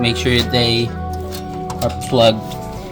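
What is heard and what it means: Plastic power cable connectors are handled at the top of a motherboard, ready to be pushed into its headers, while someone talks over background music. Nothing has seated or clicked yet.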